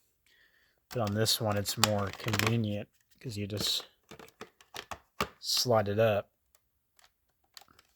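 Someone talks while a removable part is slid up into its slot in a vacuum cleaner body. Between talking, short sharp knocks and rattles from handling are heard, then a few faint ticks near the end. Nothing has seated or clicked into place yet.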